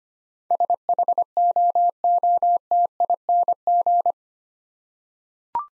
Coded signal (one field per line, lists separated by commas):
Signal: Morse code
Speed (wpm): 25 wpm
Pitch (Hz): 700 Hz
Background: none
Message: SHOOTING